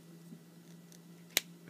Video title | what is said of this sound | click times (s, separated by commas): Review Robot Spirits Gundam Heavy Arms Custom | You hear it click. | 1.4 s